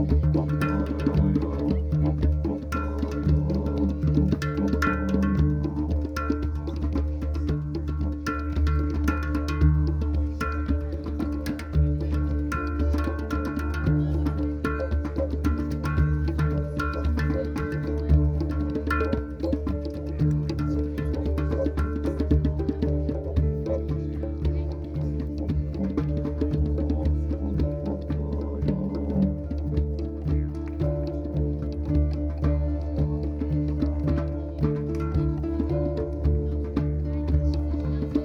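A harp, a hang and a didgeridoo play together, the didgeridoo's deep, unbroken drone running beneath a shifting weave of plucked and struck melodic notes. Sharp taps from the smithy's hammering recur in the background, and the overall loudness stays even throughout.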